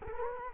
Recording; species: mosquito wingbeat signal from an infrared sensor; Culex quinquefasciatus